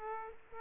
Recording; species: mosquito wingbeat signal from an infrared sensor; Aedes aegypti